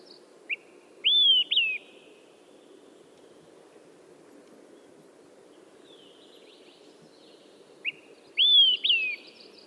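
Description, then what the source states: Olive-sided Flycatcher singing two whistled phrases about seven seconds apart, each a short sharp note followed by a loud slurred whistle that rises then falls, over a low steady hum. Song rendered by the mnemonic 'quick three beers'; the bird sometimes drops the 'quick' part; distinct from other flycatchers.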